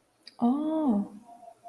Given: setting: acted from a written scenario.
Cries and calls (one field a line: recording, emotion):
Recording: vocal sound without words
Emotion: positive surprise